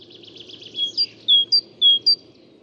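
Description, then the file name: Great tit with a short buzzy trill followed by a few clear two-note phrases, over a low steady hum. "Parus major"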